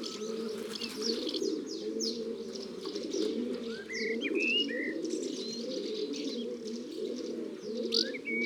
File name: Pigeon domestique biset ABC des chants doiseaux